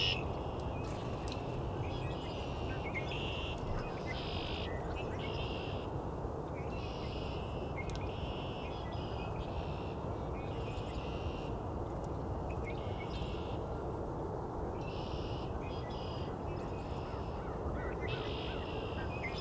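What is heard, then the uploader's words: Red-winged blackbirds and other birds call in repeated bright bursts every second or two over a constant low roar, like traffic. Early Spring Songs. Today we visit Cootes Paradise in mid-March, and hear Red-winged Blackbirds, in addition to a number of other species.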